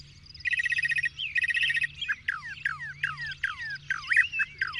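Birds singing, a fast buzzy rattling trill followed by a series of sharply descending whistled notes, with background twittering.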